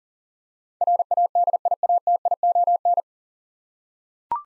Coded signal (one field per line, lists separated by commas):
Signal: Morse code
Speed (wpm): 39 wpm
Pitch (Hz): 700 Hz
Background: none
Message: RADIATION